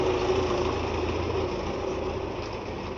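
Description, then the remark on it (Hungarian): A small tractor engine idles steadily, a low continuous rumble with a faint rhythmic chug and a slight mechanical whine running through it, holding an even loudness throughout. “Zarni, ez nagyon szereti ezt a traktor.”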